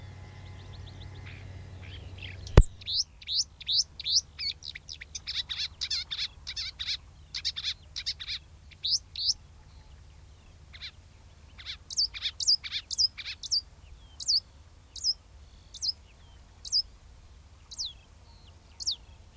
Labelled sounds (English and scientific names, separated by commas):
Marsh Warbler (Acrocephalus palustris) song